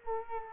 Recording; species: mosquito wingbeat signal from an infrared sensor; Culex quinquefasciatus